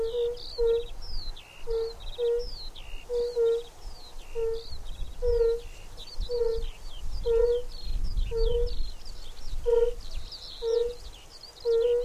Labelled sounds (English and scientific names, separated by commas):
Fire-Bellied Toad (Bombina bombina) call